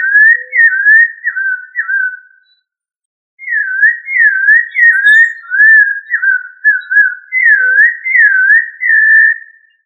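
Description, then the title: Thrush singing a long run of pure whistled phrases, each a quick downward-then-upward slur, broken by a brief pause, then continuing in a smooth, rolling series. "Familia Turdidae - Sabia"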